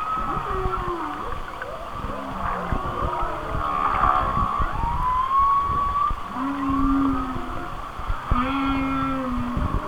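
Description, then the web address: Whale song with overlapping wavering moans and long rising whistles, low tonal notes repeating, over constant hiss and clicking. "Natures Songs Whale Songs Whale Songs- Mike Mc Donald"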